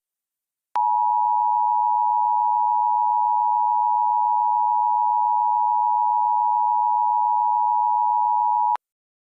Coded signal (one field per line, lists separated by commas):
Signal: Emergency Alert System (SAME) tones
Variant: 853 and 960 Hz attention tone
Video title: EAS MOCK: Law Enforcement Warning For Weston County Wyoming 9/23/19